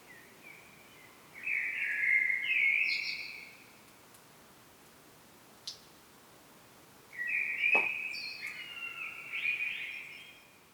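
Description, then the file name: Common blackbird song: two fluty warbled phrases with higher squeaky notes, separated by a few seconds of quiet with one brief click between them. "Turdus merula"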